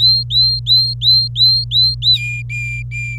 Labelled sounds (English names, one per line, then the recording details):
Domestic Canary song
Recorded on 26 April 2018 at 11:33
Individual llb3